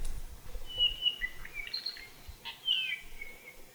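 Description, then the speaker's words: Apapane song: a varied run of whistled and chattering notes jumping between pitches; soft background rumble. At Hakalau Forest National Wildlife Refuge, Hawaii; the sounds are likened to a robot droid. "The whole thing is all apapane."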